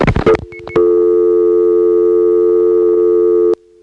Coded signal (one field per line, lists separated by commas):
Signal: telephone call progress tone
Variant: North America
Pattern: dial tone